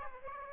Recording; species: mosquito wingbeat signal from an infrared sensor; Aedes aegypti